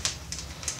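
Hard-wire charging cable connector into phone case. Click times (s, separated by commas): 0.1 s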